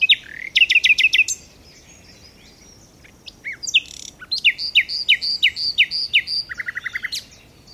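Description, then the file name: Common nightingale song: a quick volley of repeated notes, a pause with soft notes, then a long series of slurred notes ending in a rapid trill. "Luscinia megarhynchos"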